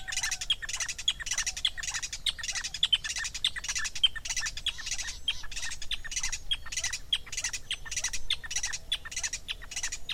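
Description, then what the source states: Usambiro barbet calling with a steady stream of harsh, clicking notes repeated rapidly throughout, with a low background rumble. African bird.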